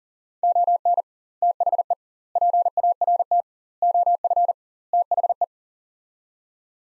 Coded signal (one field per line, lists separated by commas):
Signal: Morse code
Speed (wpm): 37 wpm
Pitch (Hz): 700 Hz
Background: none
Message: ON THE PART OF THE